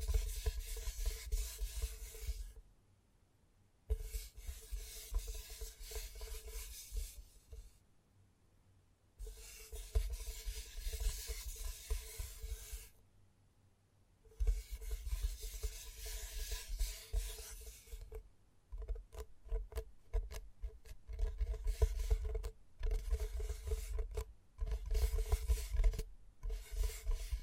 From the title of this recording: ASMR Gentle Tapping